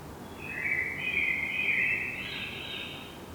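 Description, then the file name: Eurasian blackbird song: a single smooth, warbled phrase of rich fluting notes, stepping slightly higher toward its close, with steady low ambient noise beneath. "Turdus merula"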